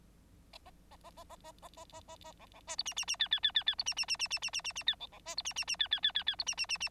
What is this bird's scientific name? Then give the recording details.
Lonchura striata domestica. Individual Bird9